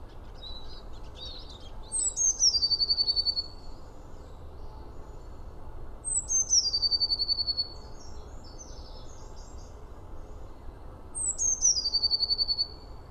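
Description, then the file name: Eurasian blue tit song: thin high notes sliding down into a fast, even trill, repeated three times over a steady low background hiss. "Cyanistes caeruleus"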